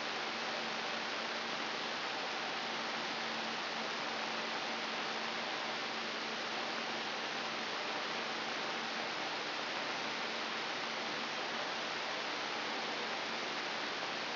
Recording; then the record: brain microelectrode recording played as sound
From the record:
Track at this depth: inside the subthalamic nucleus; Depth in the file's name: 6.532 mm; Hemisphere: right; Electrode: 3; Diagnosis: Parkinson's disease